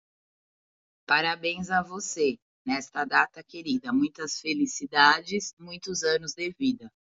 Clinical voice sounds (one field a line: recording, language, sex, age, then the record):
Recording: short text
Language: Brazilian Portuguese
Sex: female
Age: 40 to 49 years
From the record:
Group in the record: control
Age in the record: 41 years